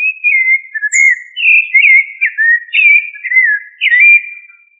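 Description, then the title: Thrush song of sweet whistled notes in a continuous warbling phrase, pitch swooping up and down, with one thin high note early on; no other sounds. "Familia Turdidae - Sabia"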